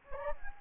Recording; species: mosquito wingbeat signal from an infrared sensor; Anopheles gambiae